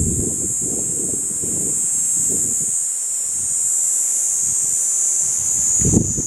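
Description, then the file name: Kaempfer cicada droning on in one continuous, piercing high buzz, while low rustling and gusts of wind come and go beneath it. Recorded on 23 July 2022. "20220723 ニイニイゼミ"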